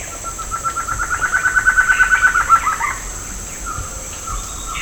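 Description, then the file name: Bird giving a pulsed trill that swells in loudness then stops, with a steady high hum behind it. "SABIOD 50 bird 2015"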